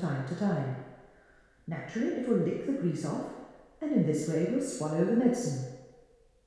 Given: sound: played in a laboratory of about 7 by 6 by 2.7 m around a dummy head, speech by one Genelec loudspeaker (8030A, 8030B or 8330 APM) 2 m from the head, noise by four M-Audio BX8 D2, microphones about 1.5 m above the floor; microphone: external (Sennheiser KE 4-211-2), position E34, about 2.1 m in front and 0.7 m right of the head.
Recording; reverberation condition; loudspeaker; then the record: female speech in English; high; in front (0 degrees)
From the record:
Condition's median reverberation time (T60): about 1300 ms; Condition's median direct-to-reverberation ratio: about -4.0 dB